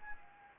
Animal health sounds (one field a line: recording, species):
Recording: mosquito wingbeat signal from an infrared sensor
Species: Anopheles gambiae